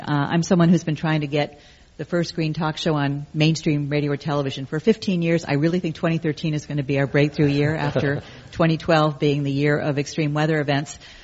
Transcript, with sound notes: I'm someone who's been trying to get the first green talk show on mainstream radio or television. For 15 years, I really think 2013 is going to be our breakthrough year [laughter] after 2012 being the year of extreme weather events.